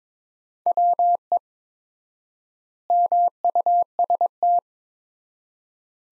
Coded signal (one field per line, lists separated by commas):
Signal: Morse code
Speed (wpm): 22 wpm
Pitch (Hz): 700 Hz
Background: none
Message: WE MUST